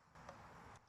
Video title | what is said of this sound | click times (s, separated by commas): Ravin Crossbow R470 – Sighting In AND 100 Yard Test! | So, it has to click in place or it won't fire. | 0.3 s